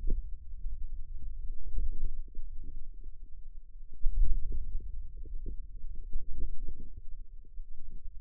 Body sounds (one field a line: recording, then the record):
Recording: forearm muscle sounds (acoustic myography)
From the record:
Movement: hand closing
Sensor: system 2, bracelet of six BSWA MPA416 microphones around the upper forearm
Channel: 5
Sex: female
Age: 21 years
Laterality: right